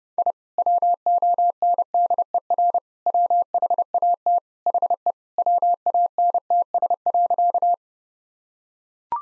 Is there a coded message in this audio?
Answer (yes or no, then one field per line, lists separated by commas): yes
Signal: Morse code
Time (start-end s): 0.2-7.7 s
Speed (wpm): 30 wpm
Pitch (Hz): 700 Hz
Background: none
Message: I WONDER WHAT HE WANTS.